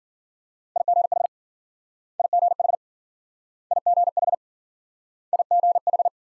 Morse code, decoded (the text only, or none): IGH IGH IGH IGH